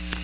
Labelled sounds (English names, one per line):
Hooded Warbler flight call